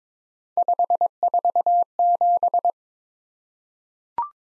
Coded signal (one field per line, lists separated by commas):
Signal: Morse code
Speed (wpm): 22 wpm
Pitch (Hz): 700 Hz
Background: none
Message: 547